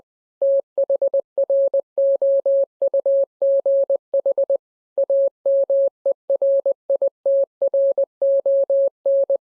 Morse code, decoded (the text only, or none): THROUGH AMERITRON